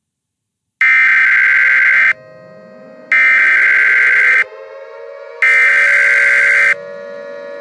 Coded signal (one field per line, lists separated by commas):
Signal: Emergency Alert System (SAME) tones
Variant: header bursts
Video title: Top 7 Scariest Sirens Used in EAS Videos